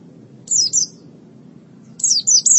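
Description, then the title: White-eye song, two brief phrases of clear, high, downslurred chirps separated by about a second of quiet. "Kicauan Burung Pleci"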